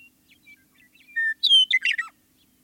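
Western meadowlark song: soft introductory notes, then a clear sustained whistle, a bright slurred note and a quick gurgling, warbled flourish dropping at the end.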